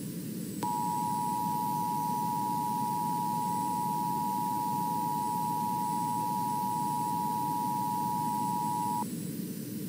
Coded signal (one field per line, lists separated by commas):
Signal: Emergency Alert System (SAME) tones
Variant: 853 and 960 Hz attention tone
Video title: EAS 1370: The same flood warning relayed over WAHCIPTV